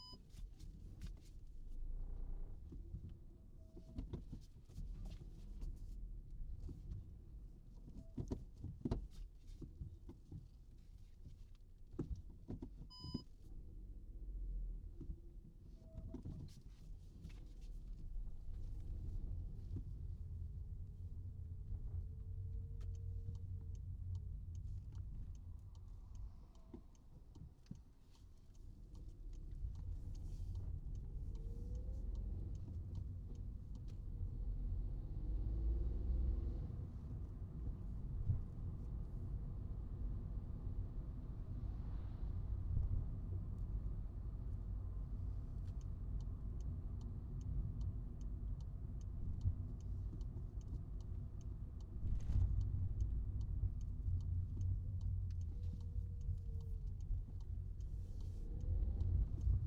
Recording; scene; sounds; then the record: everyday scene through a hearing-aid microphone; in a vehicle; engine, rumble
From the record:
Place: Skoda Fabia, gasoline engine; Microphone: in the ear canal, right